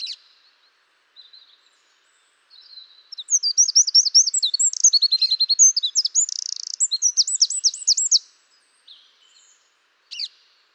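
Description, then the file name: Eurasian wren song: after a few faint high notes, a loud, rapid burst of high trills and warbled phrases runs about five seconds, then a brief sharp note near the end. "Troglodytes troglodytes"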